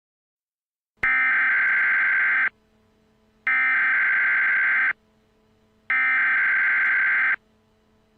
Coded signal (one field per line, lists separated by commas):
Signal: Emergency Alert System (SAME) tones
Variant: header bursts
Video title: Arrowverse EAS 3:Supergirl 1.19-20